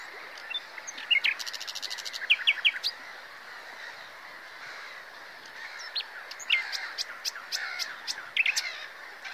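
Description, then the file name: Common nightingale song with a quick rattling trill, whistled notes and sharp chips, a pause, then further scattered clicking phrases. "Luscinia megarhynchos"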